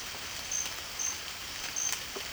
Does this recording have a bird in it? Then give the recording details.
no. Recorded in pastures near Puerto Asís, Putumayo, Colombia, on 30 June 2025 at 16:30. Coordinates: 0.502, -76.324. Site G010